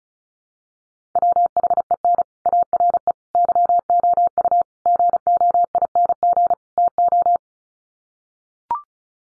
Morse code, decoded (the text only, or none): WHEN ARE YOU GOING TO